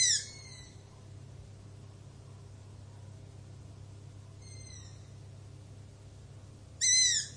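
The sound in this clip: Owl screams three times: a harsh shriek at the start, a fainter one about four seconds later, and another loud one near the end, over low hum.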